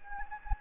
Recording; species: mosquito wingbeat signal from an infrared sensor; Anopheles gambiae